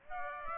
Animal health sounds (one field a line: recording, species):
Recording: mosquito wingbeat signal from an infrared sensor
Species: Aedes aegypti